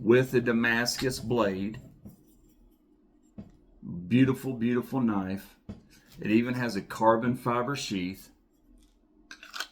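A small fixed-blade knife with a carbon fiber sheath is handled while someone talks, with short faint handling ticks and scrapes in the pauses and near the end. The knife is being worked toward its carbon fiber sheath, but nothing has seated or clicked yet.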